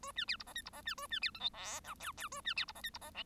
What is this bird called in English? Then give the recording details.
Bengalese Finch. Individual Bird1